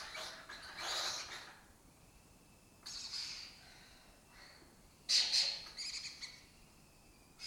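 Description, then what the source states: Lesser kestrel grating calls, several broad raspy bursts, the loudest a stuttering chatter late. Colony of migratory lesser kestrels occupying an abandoned building or house complex in Doñana; forages in West Africa, breeds in southern Europe.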